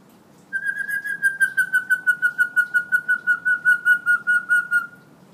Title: Suara Burung Beo Gacor Cocok Untuk Masteran